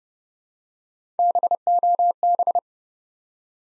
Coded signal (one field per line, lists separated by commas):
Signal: Morse code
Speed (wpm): 30 wpm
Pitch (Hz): 700 Hz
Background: none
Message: BOB